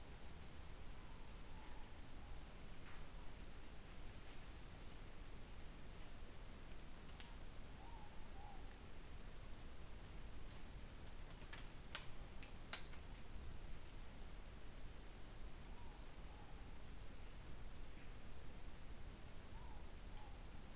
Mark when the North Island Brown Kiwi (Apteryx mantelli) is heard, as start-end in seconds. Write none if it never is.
none